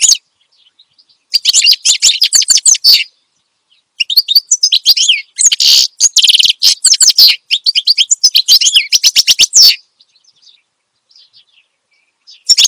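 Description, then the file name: Finch song: long fast phrases of high twittering and buzzy notes, broken by brief pauses, with a short burst at the end. Energetic finch song intended for training other songbirds (masteran). "Suara Kicauan Burung Finch Gacor Dor Cocok Untuk Masteran"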